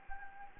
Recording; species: mosquito wingbeat signal from an infrared sensor; Anopheles gambiae